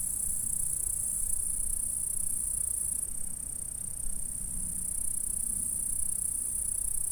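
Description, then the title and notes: Insects stridulating in a continuous, very high, hissing buzz that holds steady throughout, over a low rumble. "M3XG+CF Saint-François-de-Sales, France - insectes. Stridulations dans la prairie. Enregistreur ZoomH4 en 96khz 24bits"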